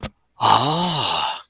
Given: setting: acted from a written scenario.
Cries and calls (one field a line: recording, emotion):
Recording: vocal sound without words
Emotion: awe